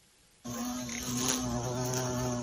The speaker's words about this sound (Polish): No, a jednak do Polski po latach emigracji powróciły uważane za wymarłe fioletowe pszczoły, fachowo nazywane zadrzechniami fioletowymi.